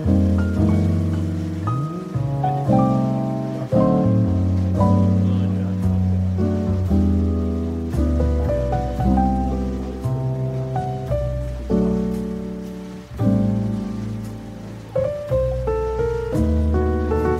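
Gentle coffee shop music fills the clip, with soft plucked or keyed chords changing every second or two and a warm, low bass line. A steady hiss, like waves or light rain, runs underneath, and the level stays even throughout.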